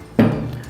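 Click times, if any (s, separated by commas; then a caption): 0.2 s. The lock button on the folding arm of a DJI RSC 2 camera gimbal is pressed once after the arm has been unlocked and lifted into its working position. A single sharp click is heard at 0.2 s, and the gimbal axis lock clicks shut.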